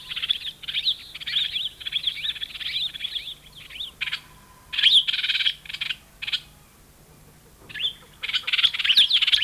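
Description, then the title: Brown-and-yellow marshbird calls in chattering bursts of squeaky, downward-sliding notes, broken by pauses of a second or two. "Museo de Ciencias de Bahía Blanca. Pecho Amarillo"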